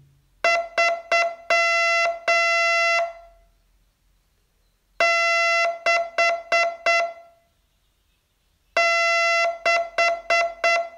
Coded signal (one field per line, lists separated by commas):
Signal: Morse code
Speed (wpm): 8 wpm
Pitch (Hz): 2050 Hz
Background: music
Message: 3 6 6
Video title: Learn Morse in 42 Days from VU2LAU - day 36